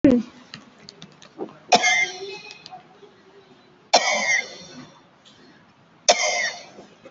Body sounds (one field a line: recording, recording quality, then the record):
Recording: heavy voluntary cough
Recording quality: excellent, no background noise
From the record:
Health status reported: COVID-19 positive, mild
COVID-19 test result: positive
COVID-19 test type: RT-PCR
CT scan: taken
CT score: 5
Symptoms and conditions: cough, breathing difficulty, sore throat, fatigue, muscle pain, loss of smell and taste, hypertension, another condition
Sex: female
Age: 75 years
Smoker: no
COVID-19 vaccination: both doses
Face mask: not worn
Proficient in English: yes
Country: India